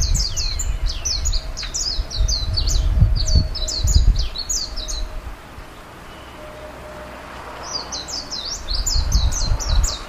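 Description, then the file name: Japanese white-eye calls: rapid high-pitched chirps and slurred notes in two lively bursts separated by a quiet gap, with low rumbling noise beneath. "Japanese Mejiro"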